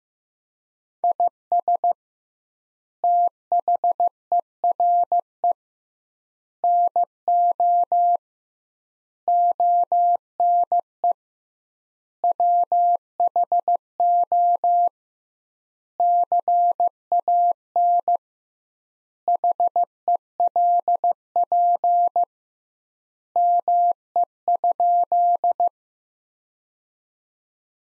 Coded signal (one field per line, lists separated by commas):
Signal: Morse code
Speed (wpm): 15 wpm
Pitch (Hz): 700 Hz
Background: none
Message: IS THERE NO ONE WHO CAN HELP ME?